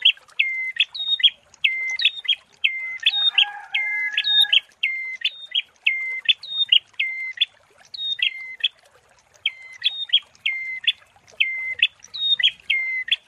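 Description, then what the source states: Prinia song: short hooked note groups repeated in quick succession, with a brief lower, harsher sound partway through. Prinia song used as a masteran (tutor) therapy recording.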